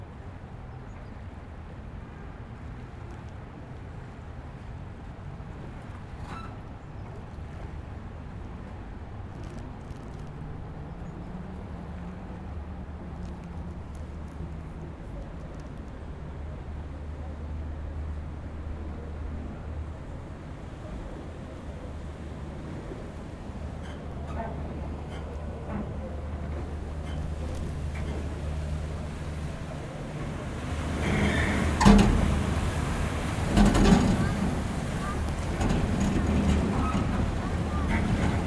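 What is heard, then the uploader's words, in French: A floating pontoon on a city riverbank, with a low engine drone and hull rumble steady through most of the recording, suggesting a boat idling or passing. Faint voices and small knocks sit underneath. Around thirty seconds a louder, rougher surge of wash and rattling builds, then eases slightly. Ponton d embarquement. Le ponton flottant se situe près du Pont du Carrousel sur le Quai des Tuileries.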